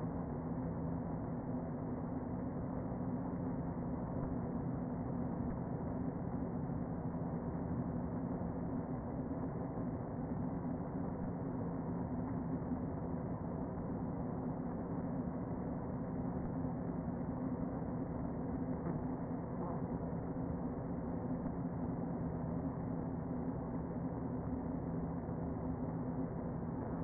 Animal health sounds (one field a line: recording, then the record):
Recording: honeybee colony, microphone inside the hive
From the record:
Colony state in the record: queen present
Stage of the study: before two queens were removed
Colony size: about 60,000 bees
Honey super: yes